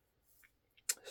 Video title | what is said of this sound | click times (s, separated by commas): BE EDC Tuya Knives Seaxy - Disassembly & Cleaning | And I want that to snap into place there. | 0.9 s